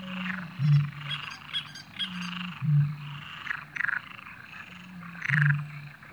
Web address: Natures Songs -Frogs, Great Marsh Warblers Coots